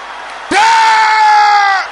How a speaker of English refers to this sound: Can I hear those from the east shouting it loud? What are you waiting for?